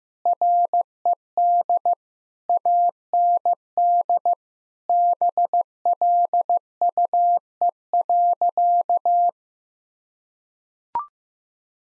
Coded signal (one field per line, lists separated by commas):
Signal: Morse code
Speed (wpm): 15 wpm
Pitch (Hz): 700 Hz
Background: none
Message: RED AND BLUE.